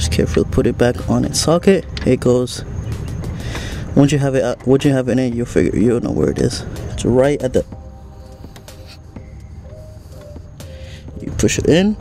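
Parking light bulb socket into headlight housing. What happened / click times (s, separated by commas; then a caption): Bulb socket being lined up in the housing, not yet seated / none. Someone talks while lining up a parking light bulb socket in the headlight housing of an MK5 GTI, feeling for the right position before pushing it in. Only a few small handling taps are heard in the quieter stretch. The socket has not seated or clicked yet.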